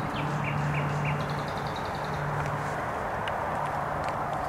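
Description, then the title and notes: Nightingale song: sliding whistled notes and a short run of repeated high notes, with a steady low hum and loud roaring traffic throughout. Singing in bushes beside the noisy Trasa Toruńska motorway, Bródno-Podgrodzie, Warsaw, Poland; recorded with an Olympus LS-11. "Bródno-Podgrodzie, Warszawa, Polska - Trasa Toruńska Nightingale. Recording nightingale singing in bushes close to noisy motorway"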